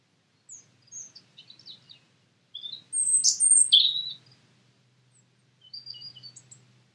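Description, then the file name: European robin singing short varied phrases of high thin whistles and trills, with a louder, richer burst in the middle and a quieter phrase near the end. "Erithacus rubecula"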